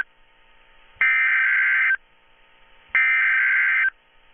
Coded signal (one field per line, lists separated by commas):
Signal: Emergency Alert System (SAME) tones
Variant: header bursts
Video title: Bulletin, Flordia flash flood warning from hurricane (EAS #1)